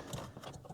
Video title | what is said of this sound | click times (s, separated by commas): VW California fridge latch replacement | Hear that click? Yeah, so that's clicked back into position. | 0.1 s